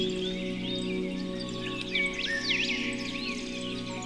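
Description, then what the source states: Birds chirping and whistling, a brief burst of sharp notes midway, over sustained gentle musical tones. Tranquil birdsong mixed with music.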